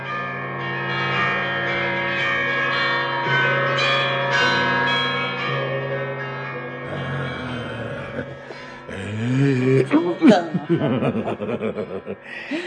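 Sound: church bells ringing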